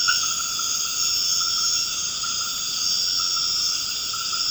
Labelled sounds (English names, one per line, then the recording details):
none
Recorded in dense forest near Puerto Asís, Putumayo, Colombia, on 24 March 2025 at 20:30
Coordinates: 0.481, -76.323
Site G088